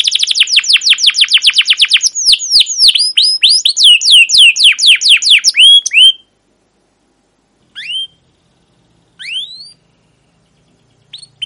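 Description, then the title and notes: Canary song of quick repeated downward chirps turning into varied curved notes, then a quiet stretch with a few isolated upslurred calls. Captive canary song used as a lure and master recording to train other canaries; Indonesian 'cuit cuit ngerol' and 'gacor panjang' for the long chirping, rolling style, played to young birds learning sounds. "CUIT CUIT NGEROL GACOR PANJANG Kenari Pancingan KENAR. PANCINGAN Kenari GACOR PANJANG Cuit CUIT EMOSI MASTERAN Kenari PAUD belajar BUNYI. burung kenari"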